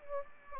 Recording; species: mosquito wingbeat signal from an infrared sensor; Anopheles gambiae